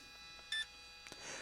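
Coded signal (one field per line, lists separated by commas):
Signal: beep code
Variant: Spektrum ESC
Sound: one short high beep, with faint clicks before and after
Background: small room hum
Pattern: 1 short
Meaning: One beep selects sport mode: forward and brake, no reverse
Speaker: But if you do tap this again, it'll go to one beep. Now we're in sport mode. So we have throttle, we have forward, and brake.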